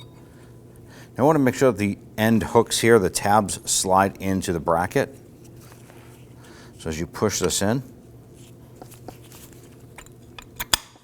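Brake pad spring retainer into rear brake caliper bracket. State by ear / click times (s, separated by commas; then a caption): seated / 10.7 s. Someone talks while a brake pad with its spring retainer is pushed into the rear brake caliper bracket of a 2003-2014 Volvo XC90, with the end tabs sliding into the bracket. After a few faint taps and scrapes, the metal retainer pops into place with a loud, sharp click at 10.7 s, and the pad is seated.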